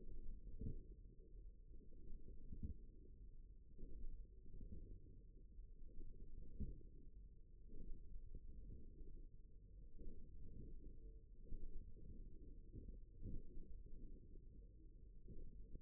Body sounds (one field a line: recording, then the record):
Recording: forearm muscle sounds (acoustic myography)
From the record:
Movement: forearm pronation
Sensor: system 1, eight BSWA MPA416 microphones around the upper forearm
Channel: 4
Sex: male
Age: 54 years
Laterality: right